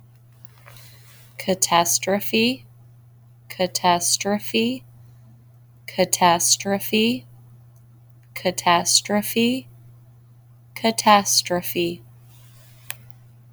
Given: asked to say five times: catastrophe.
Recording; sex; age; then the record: repeated word; female; 40 to 49 years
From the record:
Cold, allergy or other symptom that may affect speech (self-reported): no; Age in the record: 42 years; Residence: Ohio, United States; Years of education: 17